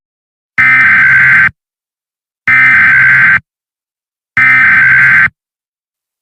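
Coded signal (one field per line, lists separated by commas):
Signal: Emergency Alert System (SAME) tones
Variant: header bursts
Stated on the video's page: Fictional EAS scenario, simulated alert.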